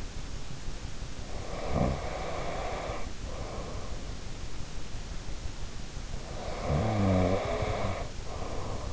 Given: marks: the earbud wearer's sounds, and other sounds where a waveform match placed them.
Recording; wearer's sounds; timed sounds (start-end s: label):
sounds in sleep by an in-ear microphone; breath, snoring breath
1.33-4.12 s: breath
6.27-8.93 s: snoring breath